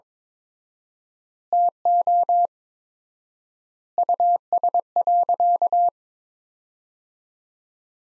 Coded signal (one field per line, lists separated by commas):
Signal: Morse code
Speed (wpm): 21 wpm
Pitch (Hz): 700 Hz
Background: none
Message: TO US.